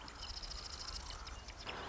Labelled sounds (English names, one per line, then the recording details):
Marsh Wren
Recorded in Sonoma County, California